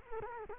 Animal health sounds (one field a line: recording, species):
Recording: mosquito wingbeat signal from an infrared sensor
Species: Culex quinquefasciatus